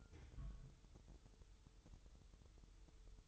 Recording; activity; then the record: daily activity, microphone in the room; place on stove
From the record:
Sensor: 3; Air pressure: 988.3 hPa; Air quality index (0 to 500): 191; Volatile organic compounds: 266 ppm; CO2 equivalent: 4402 ppm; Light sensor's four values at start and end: 24/75/32/27 and 24/75/32/27